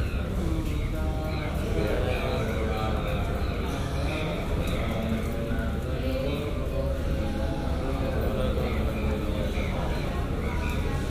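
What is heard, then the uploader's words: Crowd ambience at the Shwedagon Pagoda in Yangon: many voices talk at once in a dense, steady murmur, with no single speaker standing out. A low rumble runs underneath throughout, and the level stays even from start to finish, with small clatters and footsteps mixed in. Shwedagon Pagoda - Yangoon - timelapse from 4 am to 8am.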